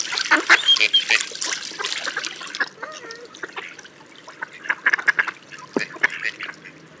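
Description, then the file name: Gadwall calling: scattered nasal croaks and quacks, with a few thin whistled notes. "Snatterand"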